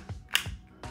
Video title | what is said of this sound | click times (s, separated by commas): Next Level MagSafe with Speck ClickLock for iPhone 15... | you hear click so I like that fact | 0.3 s